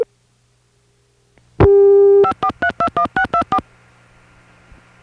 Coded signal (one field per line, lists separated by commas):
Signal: DTMF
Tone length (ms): 80 ms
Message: 54321624